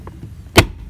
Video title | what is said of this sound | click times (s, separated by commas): [How To] Cara Membuka dan Mengganti Filter AC Nissan X-Trail T32 [ENG SUB] | it clicks, it means it's already installed, | 0.6 s